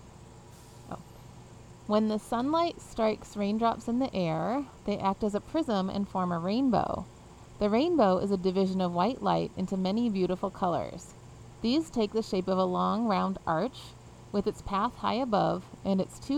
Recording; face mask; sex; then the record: reading aloud; surgical mask; female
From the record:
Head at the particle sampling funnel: facing it